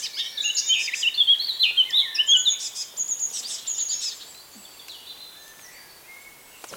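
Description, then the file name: Eurasian blackcap song, a lively high warble of quick varied notes for about four seconds, then quiet background and a brief sharp sound at the end. "Sylvia atricapilla"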